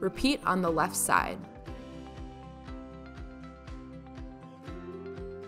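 Someone talks briefly over background music while the left-side peg of the plastic brake assembly of a Radio Flyer Atlas Stroll 'N Wagon is being handled toward its opening in the wagon's metal frame. Faint regular taps sound under the music, but nothing has seated or clicked yet.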